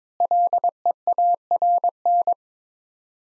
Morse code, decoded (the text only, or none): LEARN